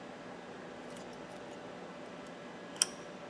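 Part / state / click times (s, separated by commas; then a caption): electrode lead into carbon coater terminal / seated / 2.8 s. A shaped electrical lead of a carbon coater is matched to its keyed terminal and pushed down hard, giving a sharp, bright click at 2.8 s after a faint tick near 1.0 s over a low steady hiss. The lead seats in its terminal and the coater is ready to go.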